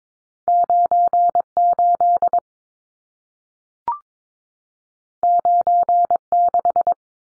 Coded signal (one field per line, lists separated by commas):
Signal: Morse code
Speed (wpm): 22 wpm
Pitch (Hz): 700 Hz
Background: none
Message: 98 96